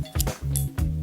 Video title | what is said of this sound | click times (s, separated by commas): Stripper Clips for SKS - Mil Surplus only-More at: www.stripperclip.com | Hear that little click? These are perfectly seated in here. | 0.2 s, 0.6 s